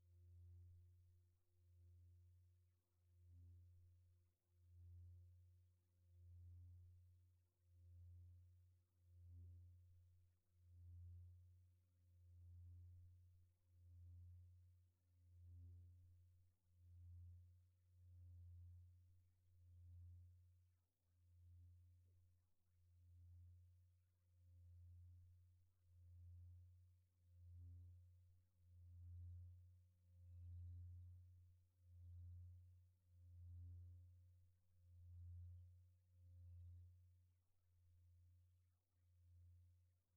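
Antique Tibetan singing bowls hum with a deep, steady low drone, overlaid by fainter sustained higher tones. The sound swells and fades in a regular wobbling beat, roughly every second and a half, throughout the forty seconds, with no other sounds.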